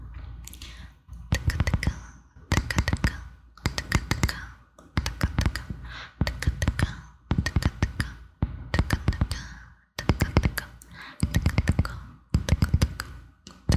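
Loud bursts of rapid scratching and tapping on the microphone come in clusters roughly every second, each lasting under a second with brief quiet gaps between. The clicks are crisp and dense, filling both low thumps and bright crackle, with faint mouth noises in the pauses.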